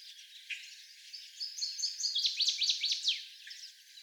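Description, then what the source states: Northern waterthrush song of ringing notes building into loud, quick downslurred phrases repeated several times, then stopping abruptly over faint background noise. Seventeen songs.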